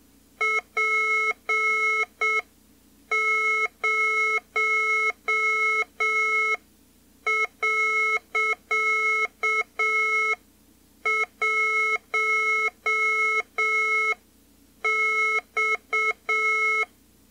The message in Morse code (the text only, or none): P0.1X